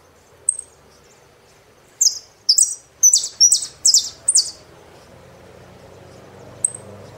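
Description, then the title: Saffron finch song: a high chip, then a string of six loud buzzy descending phrases about half a second apart, followed by quiet and one more chip. "Jilguero Argentino"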